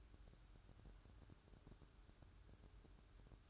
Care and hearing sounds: daily activity, microphone in the room; take from stove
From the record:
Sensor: 2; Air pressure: 1007.8 hPa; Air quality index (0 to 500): 102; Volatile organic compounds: 1 ppm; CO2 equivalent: 766 ppm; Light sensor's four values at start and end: 7/16/6/6 and 7/16/6/6

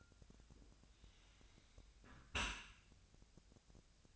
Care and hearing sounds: daily activity, microphone in the room; close dishwasher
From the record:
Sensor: 2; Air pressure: 1006.6 hPa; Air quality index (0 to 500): 201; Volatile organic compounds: 14 ppm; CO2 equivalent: 2462 ppm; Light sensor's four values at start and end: 9/21/9/9 and 9/21/9/9

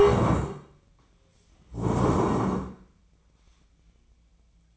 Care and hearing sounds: daily activity, microphone in the room; stand up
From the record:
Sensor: 1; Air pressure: 1012.3 hPa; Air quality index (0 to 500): 172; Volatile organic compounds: 3 ppm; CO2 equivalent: 1416 ppm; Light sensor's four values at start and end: 44/119/48/59 and 45/121/50/61

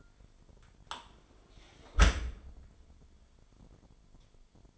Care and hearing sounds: daily activity, microphone in the room; close dishwasher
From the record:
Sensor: 5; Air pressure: 998.4 hPa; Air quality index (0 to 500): 82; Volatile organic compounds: 1 ppm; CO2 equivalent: 933 ppm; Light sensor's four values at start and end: 21/50/21/23 and 21/49/21/23

